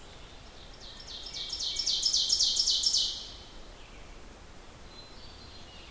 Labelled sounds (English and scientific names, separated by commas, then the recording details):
Ovenbird (Seiurus aurocapilla) song
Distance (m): 20 m
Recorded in boreal forest in Alberta, Canada, on 14 June 2016 at 05:31
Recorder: SongMeter 3, array SBT-3-33
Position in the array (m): 115 m, 25 m
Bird 21